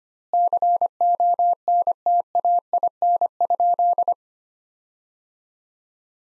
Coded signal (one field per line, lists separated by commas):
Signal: Morse code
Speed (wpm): 25 wpm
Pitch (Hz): 700 Hz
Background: none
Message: CONTAIN?